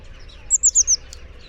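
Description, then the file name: Eurasian blue tit call, four quick high thin notes in a rapid series. "Cyanistes caeruleus"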